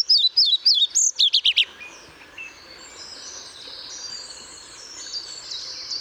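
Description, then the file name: European pied flycatcher giving a single brief phrase of rapid, sharp high notes in the first two seconds, followed by soft birdsong. Recorded 1 May 2014 at Paehl. "Trauerschnaepper 01 05 2014 Paehl WM Michle Pron"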